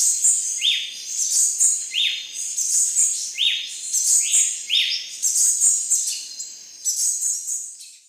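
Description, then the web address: Ochre-breasted tanager giving bright upward-sweeping notes, each ending in a short level tone, repeated amid constant high buzzy chatter. Ecuador. "Birds of Ecuador Ochre-breasted Tanager"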